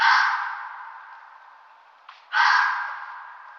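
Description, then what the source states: Red fox call: two harsh, breathy bursts about two seconds apart, each starting loud and fading away slowly. Its call is said to sound very similar to a roe deer's.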